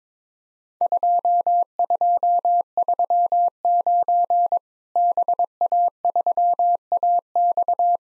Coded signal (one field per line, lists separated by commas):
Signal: Morse code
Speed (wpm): 22 wpm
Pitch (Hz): 700 Hz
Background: none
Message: 2239 BA3AX